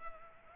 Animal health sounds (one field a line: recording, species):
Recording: mosquito wingbeat signal from an infrared sensor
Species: Culex pipiens